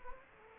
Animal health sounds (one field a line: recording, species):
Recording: mosquito wingbeat signal from an infrared sensor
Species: Anopheles gambiae